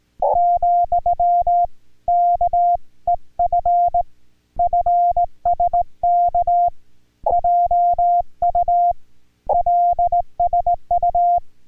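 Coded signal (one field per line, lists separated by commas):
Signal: Morse code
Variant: Korean alphabet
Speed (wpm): 17 wpm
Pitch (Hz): 700 Hz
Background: music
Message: , 안 녕 히 계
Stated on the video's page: Amateur radio contact in Korean Morse code.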